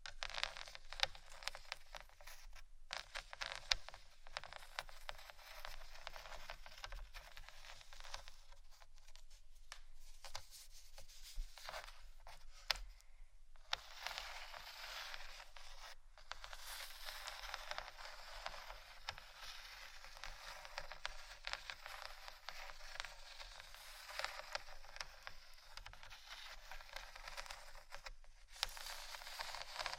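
Dry scratching rasps on through the whole recording, a dense stream of bright, gritty strokes with brief pauses near 3, 9, 13 and 16 seconds. The texture is crisp and mostly high, with little low sound beneath it.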